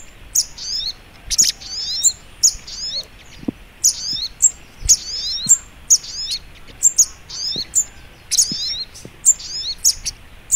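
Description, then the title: Brown-throated sunbird song of sharp, piercing chips and rapid twittering runs, repeated in close bursts, with a few faint low taps. Masteran training recording titled Sogok Ontong Labaik. "Masteran Burung Sogok Ontong Labaik"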